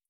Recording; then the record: hydrophone in a shrimp aquaculture tank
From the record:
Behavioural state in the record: feeding